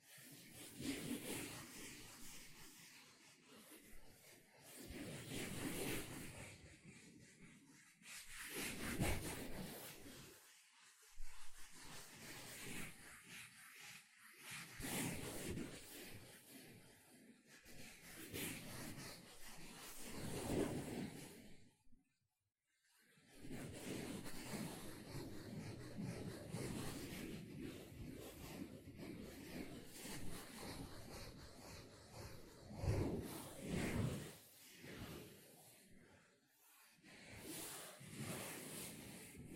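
A sponge is scratched, squished and brushed in a dense run of rough, rasping strokes, each lasting a second or two and reaching from low thuds to bright hiss. Louder swipes land around 6, 10 and 33 seconds, and a brief silence falls near 22 seconds.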